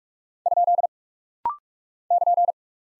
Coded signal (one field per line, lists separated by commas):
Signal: Morse code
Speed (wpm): 46 wpm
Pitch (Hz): 700 Hz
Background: none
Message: ? <KN>